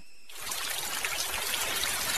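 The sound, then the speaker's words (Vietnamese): Heavy rain pours down in a dense, steady hiss that starts abruptly after a brief faint tone and continues at an even, fairly loud level with no voices. “Ngoài trời mưa càng lúc càng to.”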